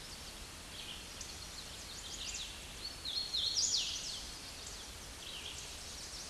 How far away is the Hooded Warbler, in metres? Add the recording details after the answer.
about 15 m. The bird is about 5 m below the microphone. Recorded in a Pennsylvania forest on 16 May 2024 at 08:24. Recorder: AudioMoth, point MSD-2181. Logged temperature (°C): 12.8 °C. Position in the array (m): 171 m, 103 m